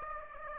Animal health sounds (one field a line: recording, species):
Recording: mosquito wingbeat signal from an infrared sensor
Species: Aedes aegypti